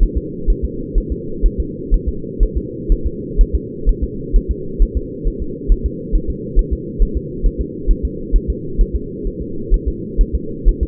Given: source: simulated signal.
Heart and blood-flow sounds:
fetal heart sounds
0.03 s: S1
0.18 s: S2
0.50 s: S1
0.65 s: S2
0.98 s: S1
1.12 s: S2
1.46 s: S1
1.60 s: S2
1.94 s: S1
2.09 s: S2
2.43 s: S1
2.57 s: S2
2.92 s: S1
3.06 s: S2
3.41 s: S1
3.55 s: S2
3.89 s: S1
4.04 s: S2
4.36 s: S1
4.51 s: S2
4.83 s: S1
4.97 s: S2
5.28 s: S1
5.42 s: S2
5.72 s: S1
5.86 s: S2
6.15 s: S1
6.30 s: S2
6.59 s: S1
6.73 s: S2
7.02 s: S1
7.17 s: S2
7.46 s: S1
7.61 s: S2
7.91 s: S1
8.05 s: S2
8.36 s: S1
8.50 s: S2
8.81 s: S1
8.96 s: S2
9.27 s: S1
9.42 s: S2
9.74 s: S1
9.88 s: S2
10.21 s: S1
10.35 s: S2
10.69 s: S1
10.83 s: S2
From the record:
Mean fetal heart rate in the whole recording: 130 bpm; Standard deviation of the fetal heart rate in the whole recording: 4 bpm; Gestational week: 38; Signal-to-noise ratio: -4.3 dB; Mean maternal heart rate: 72 bpm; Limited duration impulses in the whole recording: absent

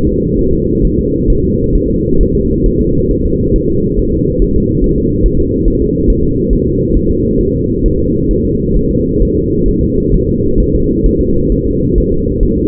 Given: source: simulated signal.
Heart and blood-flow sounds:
fetal heart sounds
0.07 s: S2
0.39 s: S1
0.53 s: S2
0.85 s: S1
0.99 s: S2
1.30 s: S1
1.45 s: S2
1.75 s: S1
1.90 s: S2
2.21 s: S1
2.35 s: S2
2.66 s: S1
2.81 s: S2
3.11 s: S1
3.26 s: S2
3.56 s: S1
3.70 s: S2
3.99 s: S1
4.14 s: S2
4.42 s: S1
4.56 s: S2
4.84 s: S1
4.98 s: S2
5.26 s: S1
5.40 s: S2
5.68 s: S1
5.82 s: S2
6.10 s: S1
6.25 s: S2
6.53 s: S1
6.67 s: S2
6.97 s: S1
7.11 s: S2
7.41 s: S1
7.55 s: S2
7.86 s: S1
8.00 s: S2
8.31 s: S1
8.45 s: S2
8.77 s: S1
8.91 s: S2
9.22 s: S1
9.37 s: S2
9.68 s: S1
9.83 s: S2
10.14 s: S1
10.29 s: S2
10.60 s: S1
10.75 s: S2
11.06 s: S1
11.21 s: S2
11.52 s: S1
11.67 s: S2
11.98 s: S1
12.12 s: S2
12.43 s: S1
12.58 s: S2
From the record:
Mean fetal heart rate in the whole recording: 135 bpm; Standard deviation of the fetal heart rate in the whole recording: 3 bpm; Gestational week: 36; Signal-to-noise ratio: -15.3 dB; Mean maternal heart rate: 72 bpm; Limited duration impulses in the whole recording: present

